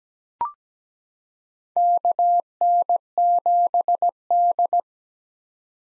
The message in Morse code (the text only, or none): KN7D